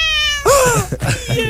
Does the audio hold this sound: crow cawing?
no